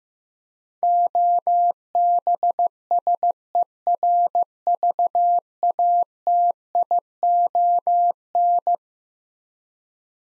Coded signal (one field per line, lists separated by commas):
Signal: Morse code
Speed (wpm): 16 wpm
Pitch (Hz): 700 Hz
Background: none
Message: OBSERVATION